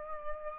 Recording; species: mosquito wingbeat signal from an infrared sensor; Aedes aegypti